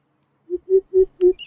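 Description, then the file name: Greater coucal low hollow hoots, four quick booming notes in even rhythm after a short silence. "tieng bim bip keu tieng chuot"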